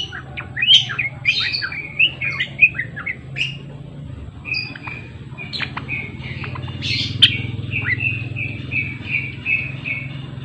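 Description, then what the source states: Java sparrow song: busy clicking chirps and short whistled notes, with a later string of rapid repeated notes over a constant low hum. Described as gacor, an actively singing bird.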